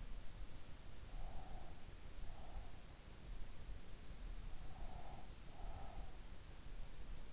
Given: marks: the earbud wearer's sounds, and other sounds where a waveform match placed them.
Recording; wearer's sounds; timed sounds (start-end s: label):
sounds in sleep by an in-ear microphone; breath
0.99-2.61 s: breath
4.59-6.35 s: breath